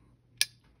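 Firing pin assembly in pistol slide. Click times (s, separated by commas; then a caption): 0.4 s. Pressing down the safety plunger in a Ruger SR40 pistol slide during disassembly releases the firing pin, or striker, which jumps under spring pressure. A single sharp metallic click sounds at 0.4 s over a quiet background. The striker springs free, and the firing pin is released.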